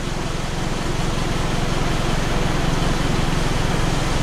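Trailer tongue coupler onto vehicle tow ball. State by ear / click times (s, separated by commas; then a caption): not seated / none. A trailer's tongue coupler is held over a vehicle's tow ball and lowered with the height adjuster (tongue jack) before it locks into place. A steady, low, pulsing engine-like rumble runs through the whole clip. Nothing has seated or clicked yet.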